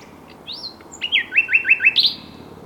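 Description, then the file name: Common nightingale singing: a high whistled note, then a series of four quick, repeated slurred notes and a final sharp upward flourish. "Luscinia megarhynchos"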